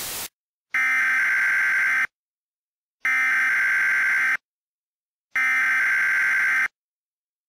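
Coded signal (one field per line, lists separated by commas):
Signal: Emergency Alert System (SAME) tones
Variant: header bursts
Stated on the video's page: Mock EAS alert, simulated, using Creative Commons 0 sounds.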